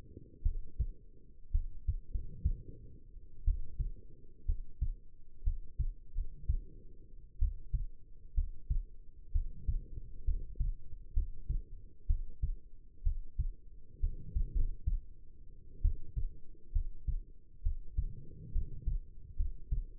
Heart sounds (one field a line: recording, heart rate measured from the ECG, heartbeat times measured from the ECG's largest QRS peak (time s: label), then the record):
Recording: heart sounds by stethoscope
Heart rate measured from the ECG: 63 bpm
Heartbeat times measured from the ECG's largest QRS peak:
0.42 s: heartbeat
1.51 s: heartbeat
2.10 s: heartbeat
3.44 s: heartbeat
4.45 s: heartbeat
5.43 s: heartbeat
6.14 s: heartbeat
7.38 s: heartbeat
8.34 s: heartbeat
9.32 s: heartbeat
10.24 s: heartbeat
11.13 s: heartbeat
12.06 s: heartbeat
13.03 s: heartbeat
14.00 s: heartbeat
14.54 s: heartbeat
15.82 s: heartbeat
16.72 s: heartbeat
17.62 s: heartbeat
18.52 s: heartbeat
19.36 s: heartbeat
From the record:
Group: healthy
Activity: rest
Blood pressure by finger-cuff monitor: 110/66 mmHg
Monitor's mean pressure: 79 mmHg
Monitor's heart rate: 62 bpm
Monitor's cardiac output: 5.4 L/min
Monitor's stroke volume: 84 mL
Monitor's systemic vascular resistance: 1070 dyn s/cm5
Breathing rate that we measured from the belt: 15 breaths a minute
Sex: female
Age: 22 years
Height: 171 cm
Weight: 65.6 kg